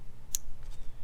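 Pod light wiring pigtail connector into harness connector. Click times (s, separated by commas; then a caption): 0.3 s. The plastic pigtail connector from a pod light on a Jeep Wrangler JL/Gladiator JT is pushed into the matching connector on the harness wire run through the cowl. A sharp, bright click sounds at 0.3 s, followed by a faint softer rustle, and the connector is seated and good to go.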